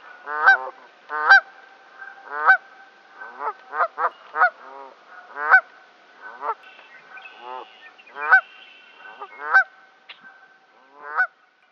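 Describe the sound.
Canada goose honking: many loud nasal honks, some in quick succession, through most.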